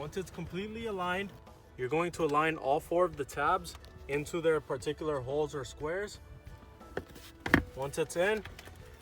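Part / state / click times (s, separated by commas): rear seat cushion clip into the car floor mount / not seated / none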